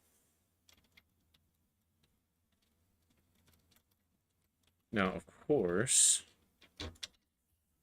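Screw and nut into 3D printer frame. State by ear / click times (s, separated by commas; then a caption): not seated / none. A screw and nut are fitted into a 3D printer frame while assembling the Z axis. Faint small knocks come early, someone talks around 5–6 seconds, and a few sharper knocks follow near 6.6–7.0 seconds. The fastener has not locked in, and nothing has seated or clicked yet.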